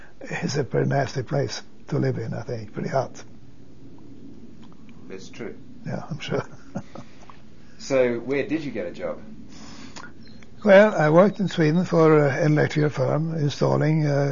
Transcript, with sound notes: is a pretty nasty place to live in, I think, pretty hot.
That's true.
Yeah, I'm sure. ( he laughs )
So where did you get a job?
Well, I worked in Sweden for an electrical firm, installing